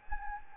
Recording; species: mosquito wingbeat signal from an infrared sensor; Anopheles gambiae